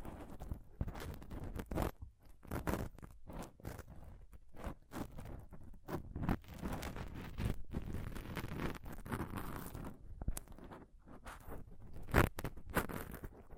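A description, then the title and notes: Close-up scratching and rubbing on a microphone, with dense, irregular bursts of scraping and crunchy contact noise that barely pause. Sharp taps and brushes cut in every fraction of a second, deep thumps underneath, and a bright, hard scrape stands out near twelve seconds. ASMR Intense Mic Scratching & Touching Close-Up Mic Sounds (No Talking).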